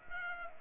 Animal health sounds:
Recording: mosquito wingbeat signal from an infrared sensor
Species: Culex pipiens

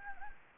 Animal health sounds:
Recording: mosquito wingbeat signal from an infrared sensor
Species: Anopheles gambiae

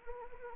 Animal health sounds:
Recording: mosquito wingbeat signal from an infrared sensor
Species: Anopheles arabiensis

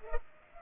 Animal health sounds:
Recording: mosquito wingbeat signal from an infrared sensor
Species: Culex pipiens

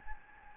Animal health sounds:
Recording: mosquito wingbeat signal from an infrared sensor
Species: Anopheles gambiae

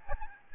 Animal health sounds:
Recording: mosquito wingbeat signal from an infrared sensor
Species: Aedes albopictus

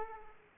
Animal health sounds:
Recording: mosquito wingbeat signal from an infrared sensor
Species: Aedes aegypti

